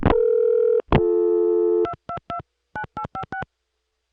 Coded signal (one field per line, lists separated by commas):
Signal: DTMF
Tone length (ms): 90 ms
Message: 2229856